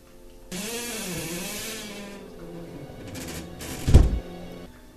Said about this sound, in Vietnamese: Ngay khi Hải vừa bước qua cửa thì cánh cửa gỗ liền đóng rầm lại một cái.